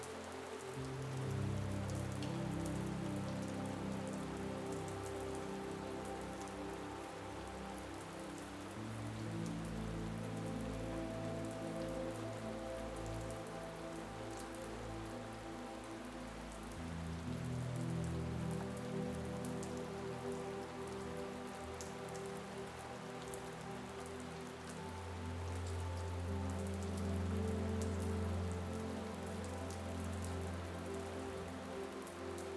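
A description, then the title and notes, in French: Steady rain patters densely on a surface while a calm, low melody of sustained tones drifts underneath, shifting slowly throughout. Les sons de la pluie et une mélodie calmante.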